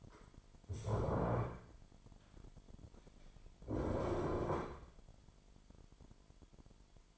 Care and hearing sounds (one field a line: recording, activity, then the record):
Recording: daily activity, microphone in the room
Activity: stand up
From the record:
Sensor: 5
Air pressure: 998.6 hPa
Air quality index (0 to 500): 88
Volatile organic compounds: 2 ppm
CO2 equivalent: 1000 ppm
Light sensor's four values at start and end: 33/80/33/37 and 33/81/33/37